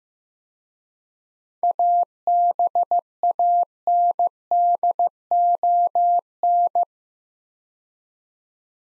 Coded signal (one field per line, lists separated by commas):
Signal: Morse code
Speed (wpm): 15 wpm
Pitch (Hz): 700 Hz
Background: none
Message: ABANDON